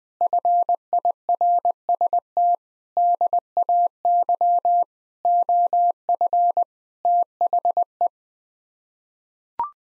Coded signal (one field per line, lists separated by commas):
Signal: Morse code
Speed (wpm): 21 wpm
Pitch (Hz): 700 Hz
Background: none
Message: FIRST DAY OF THE